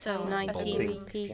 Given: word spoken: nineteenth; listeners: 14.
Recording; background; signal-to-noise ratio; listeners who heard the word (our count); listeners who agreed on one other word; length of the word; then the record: one English word in noise, from a listening test; four-talker babble; -1.9 dB; 0 of 14; 9 of 14; 0.94 s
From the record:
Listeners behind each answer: 9, 1, 1, 1, 1, 1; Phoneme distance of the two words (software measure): 7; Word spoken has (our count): 2 syllables, 7 phonemes, stress on syllable 1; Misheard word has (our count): 2 syllables, 6 phonemes, stress on syllable 1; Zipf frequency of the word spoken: 2.64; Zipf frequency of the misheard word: 2.66